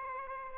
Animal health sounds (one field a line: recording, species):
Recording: mosquito wingbeat signal from an infrared sensor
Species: Aedes albopictus